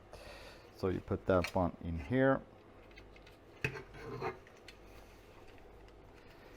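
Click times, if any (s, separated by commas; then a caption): none. A plastic headlight adjuster for a BMW E28 535i is handled at the headlight housing, to be inserted and twisted a quarter turn until it locks in its slot. Someone talks while faint scraping and small ticks of plastic handling are heard. Nothing has seated or clicked yet.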